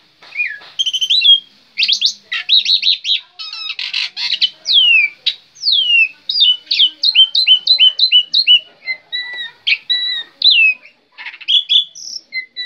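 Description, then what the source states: Black-winged myna song: a varied medley of chattering bursts, sweeping whistles and rapid repeated chip notes, continuous and energetic. Singing described as gacor.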